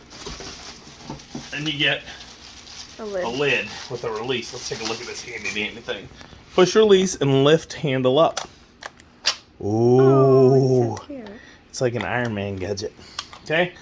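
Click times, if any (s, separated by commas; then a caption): 9.3 s. Someone talks while pushing the release on the plastic lid of a Ninja Supra Kitchen System 1200W (BL770/BL780) 3-in-1 blender and lifting the handle up. The lid handle clicks open sharply at 9.3 s, and the talking resumes right after.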